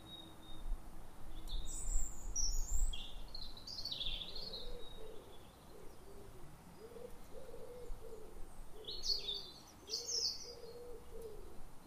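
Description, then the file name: European robin singing high, thin warbled phrases in two bursts, over a series of low hooting or cooing notes repeated through most. "Erithacus rubecula"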